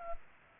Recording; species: mosquito wingbeat signal from an infrared sensor; Culex pipiens